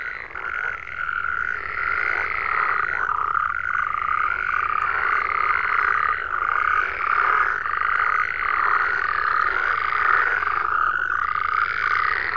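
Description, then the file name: Continuous frog chorus, countless croaks overlapping into a rhythmic throb that rises and falls in waves throughout. "Digiffects Sound Effects Library - Frogs"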